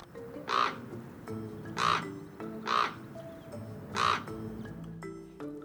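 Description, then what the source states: Common raven giving four hoarse croaking caws, roughly a second apart. Played back in a quiz as a bird sound from Zion National Park.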